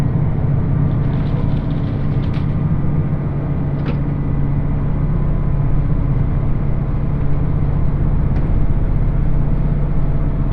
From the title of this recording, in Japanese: 予讃線特急宇和海5号 伊予大洲→宇和島